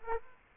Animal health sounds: mosquito wingbeat signal from an infrared sensor; Aedes aegypti

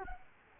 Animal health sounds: mosquito wingbeat signal from an infrared sensor; Culex quinquefasciatus

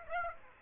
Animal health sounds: mosquito wingbeat signal from an infrared sensor; Aedes aegypti

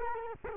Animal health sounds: mosquito wingbeat signal from an infrared sensor; Culex quinquefasciatus

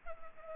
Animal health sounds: mosquito wingbeat signal from an infrared sensor; Culex pipiens

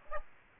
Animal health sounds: mosquito wingbeat signal from an infrared sensor; Aedes aegypti

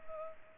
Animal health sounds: mosquito wingbeat signal from an infrared sensor; Culex pipiens

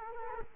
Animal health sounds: mosquito wingbeat signal from an infrared sensor; Culex quinquefasciatus

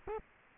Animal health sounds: mosquito wingbeat signal from an infrared sensor; Culex quinquefasciatus

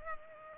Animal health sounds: mosquito wingbeat signal from an infrared sensor; Culex pipiens

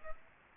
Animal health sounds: mosquito wingbeat signal from an infrared sensor; Aedes aegypti

